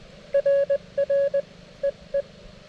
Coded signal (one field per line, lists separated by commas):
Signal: Morse code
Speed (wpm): 23 wpm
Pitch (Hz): 600 Hz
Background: none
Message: RR EE